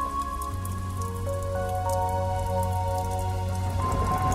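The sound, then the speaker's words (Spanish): Steady rain falls with a constant hiss of drops spattering on a surface, while sustained low tones, like soft background music, hold and shift beneath it. No one speaks. “Ha hecho calor y va a seguir haciéndolo, excepto en aquellos sitios en donde la lluvia, de una manera moderada o torrencial, ha estado cayendo durante la tarde y la noche.”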